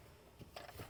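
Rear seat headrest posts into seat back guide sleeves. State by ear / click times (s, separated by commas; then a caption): not seated / none. A 2021 Chevy Suburban rear seat headrest is slid back in, its posts pushed down toward the guide sleeves in the re-covered seat back. Faint low handling noise builds into soft bumps and scrapes, with a brief sharper knock at 0.6 s and more rubbing near 0.8 s. Nothing has seated or clicked yet.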